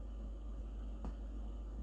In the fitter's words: You should be able to feel it click in and hear a little click too.